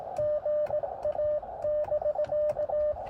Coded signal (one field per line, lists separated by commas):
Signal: Morse code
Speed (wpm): 19 wpm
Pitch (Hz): 590 Hz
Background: radio noise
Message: GA<BK>